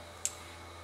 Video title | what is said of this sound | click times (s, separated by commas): Y-TEX All American Calf Tag Application | you will hear it pop onto the pin when it's securely latched | 0.2 s